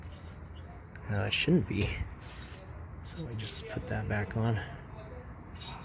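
A wiring harness connector is handled near the rear differential of a Mercedes M177 63 AMG 4matic while it is pushed back toward its mating plug. Someone talks over faint rubbing and handling noises. Nothing has seated or clicked yet.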